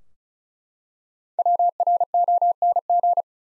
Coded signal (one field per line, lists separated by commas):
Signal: Morse code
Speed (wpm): 34 wpm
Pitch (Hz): 700 Hz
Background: none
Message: WRONG